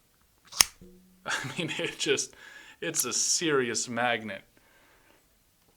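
The magnetic top cap of a stainless steel HoneyStick Extreme 2.0 dual-stage wax atomizer is snapped back onto its body while held against the microphone. It seats with a sharp click at 0.6 s. Someone then talks about how strong the magnet is.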